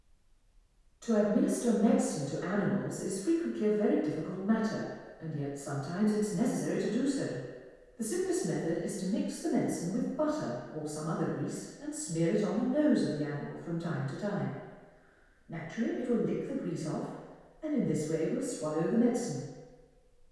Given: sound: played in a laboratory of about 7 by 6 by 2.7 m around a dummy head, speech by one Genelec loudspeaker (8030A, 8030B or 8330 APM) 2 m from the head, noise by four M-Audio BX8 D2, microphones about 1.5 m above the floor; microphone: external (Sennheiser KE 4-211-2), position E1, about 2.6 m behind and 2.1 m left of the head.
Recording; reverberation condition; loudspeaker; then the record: female speech in English; high; 60 degrees to the left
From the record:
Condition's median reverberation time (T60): about 1300 ms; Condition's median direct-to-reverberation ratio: about -4.0 dB